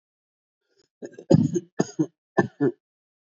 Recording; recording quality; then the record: shallow voluntary cough; excellent, no background noise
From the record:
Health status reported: respiratory illness, not identified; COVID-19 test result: negative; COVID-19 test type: RT-PCR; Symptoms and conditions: cold, sore throat, fatigue, asthma, another condition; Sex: male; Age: 25 years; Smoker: no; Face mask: not worn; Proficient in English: yes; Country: India